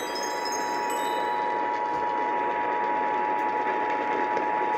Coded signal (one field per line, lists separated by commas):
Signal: Emergency Alert System (SAME) tones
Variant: 853 and 960 Hz attention tone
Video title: Paducah Why?... | EAS Alerts From 6/8-9/2021 (EAS #609-620)